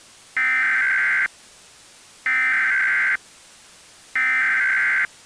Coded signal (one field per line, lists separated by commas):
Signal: Emergency Alert System (SAME) tones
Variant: header bursts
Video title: Lost! (EAS Scenario)